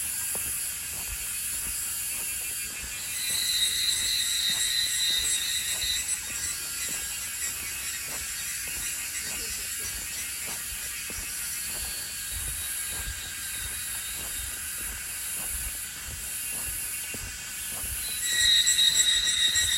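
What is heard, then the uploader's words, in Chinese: A summer morning on a mountain trail, filled with dense, steady insect buzzing in several high, shrill layers, with a rapid ticking, ratchet-like pulse running through it. The chorus swells around three seconds and again near eighteen seconds, over a faint low rumble. 夏天早晨的陽明山二子坪步道。這裡的路寬，除了碎石步道外，一旁還鋪有無障礙的水泥路。蟲聲蟬叫是最美的夏季聲景。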